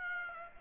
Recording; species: mosquito wingbeat signal from an infrared sensor; Aedes aegypti